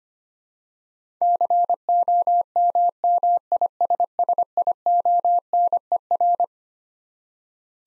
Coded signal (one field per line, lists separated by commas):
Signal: Morse code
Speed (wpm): 25 wpm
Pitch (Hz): 700 Hz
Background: none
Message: COMMISSIONER